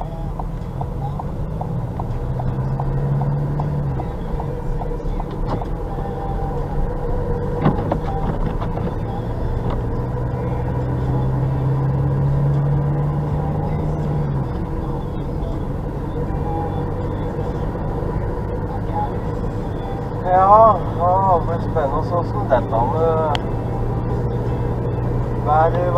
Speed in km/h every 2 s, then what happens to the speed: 12, 17, 18, 23, 26, 32, 38, 37, 39, 41, 44, 46, 47.
0-26 speeds up to 47.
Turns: none.